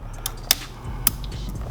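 A piston ring for a Seadoo 951 engine is walked down over the piston by hand, without much pressure so the ring won't snap, until it drops into its groove. Sharp metallic clicks ring out at 0.5 s and 1.1 s over a low background hum, with a fainter tick near 0.3 s. The ring is confirmed seated in its groove.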